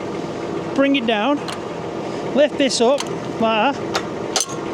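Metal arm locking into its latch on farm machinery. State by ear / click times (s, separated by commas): seated / 4.4 s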